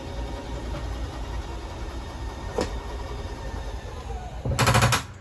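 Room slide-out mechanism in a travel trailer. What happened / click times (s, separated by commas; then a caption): The powered mechanism clicked at the end of its travel / 4.9 s. The powered room slide-out on a 2019 Clipper 17FQ travel trailer, started with the slide-out button, runs out with a steady low mechanical hum and a brief rattle near 2.6 s. It then gives a burst of loud clicks, peaking at 4.9 s, as it reaches full extension and seats.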